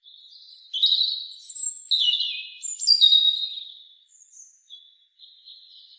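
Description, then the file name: European robin delivering a liquid, high-pitched phrase of varied whistles and twittering slurs, then a few faint, thin notes trailing off in a quiet setting. "Erithacus rubecula"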